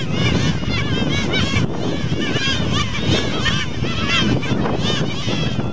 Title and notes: Colonia reproductiva de gaviotas cangrejeras (Larus atlanticus). Reserva Provincial Isla de la Cangrejera. Isla del Puerto. Estuario de Bahía Blanca. /9/2014-17:44hs